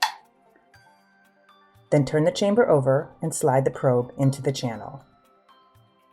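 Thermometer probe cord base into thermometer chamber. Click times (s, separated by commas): 0.0 s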